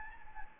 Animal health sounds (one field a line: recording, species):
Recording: mosquito wingbeat signal from an infrared sensor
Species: Anopheles gambiae